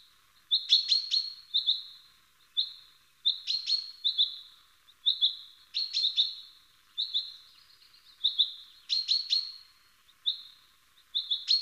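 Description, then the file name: Common chaffinch calls: steady high tonal notes with sharp clicking onsets, repeated in short groups throughout. "Fringilla coelebs"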